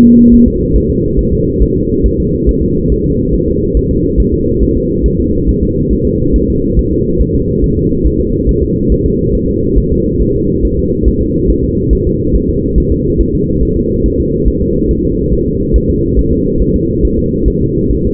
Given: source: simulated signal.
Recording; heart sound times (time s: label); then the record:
fetal heart sounds
0.06 s: S2
0.34 s: S1
0.48 s: S2
0.76 s: S1
0.90 s: S2
1.19 s: S1
1.33 s: S2
1.62 s: S1
1.77 s: S2
2.06 s: S1
2.20 s: S2
2.49 s: S1
2.63 s: S2
2.92 s: S1
3.06 s: S2
3.34 s: S1
3.49 s: S2
3.77 s: S1
3.91 s: S2
4.20 s: S1
4.34 s: S2
4.63 s: S1
4.77 s: S2
5.06 s: S1
5.20 s: S2
5.49 s: S1
5.63 s: S2
5.93 s: S1
6.07 s: S2
6.36 s: S1
6.50 s: S2
6.79 s: S1
6.93 s: S2
7.21 s: S1
7.36 s: S2
7.64 s: S1
7.78 s: S2
8.06 s: S1
8.20 s: S2
8.49 s: S1
8.63 s: S2
8.92 s: S1
9.06 s: S2
9.35 s: S1
9.49 s: S2
9.78 s: S1
9.92 s: S2
10.22 s: S1
10.36 s: S2
10.65 s: S1
10.79 s: S2
11.08 s: S1
11.22 s: S2
11.50 s: S1
11.64 s: S2
11.93 s: S1
12.07 s: S2
12.36 s: S1
12.50 s: S2
12.78 s: S1
12.92 s: S2
13.21 s: S1
13.35 s: S2
13.63 s: S1
13.77 s: S2
14.06 s: S1
14.20 s: S2
14.48 s: S1
14.62 s: S2
14.91 s: S1
15.05 s: S2
15.33 s: S1
15.48 s: S2
15.76 s: S1
15.90 s: S2
16.19 s: S1
16.33 s: S2
16.62 s: S1
16.76 s: S2
17.05 s: S1
17.19 s: S2
17.48 s: S1
17.62 s: S2
17.91 s: S1
18.05 s: S2
From the record:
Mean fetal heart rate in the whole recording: 140 bpm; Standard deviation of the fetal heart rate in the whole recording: 2 bpm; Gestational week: 34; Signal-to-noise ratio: -14.7 dB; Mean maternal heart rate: 72 bpm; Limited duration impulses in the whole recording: present